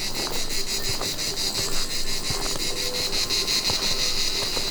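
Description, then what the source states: Cicada song: a dense, high, buzzy drone throbbing in quick pulses throughout. Mid-mountain Pyrenees at 1700 m altitude, where garrigue has spread with climate disruption; cicadas there were unimaginable a few years ago.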